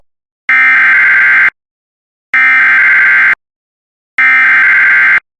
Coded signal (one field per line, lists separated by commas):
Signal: Emergency Alert System (SAME) tones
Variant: header bursts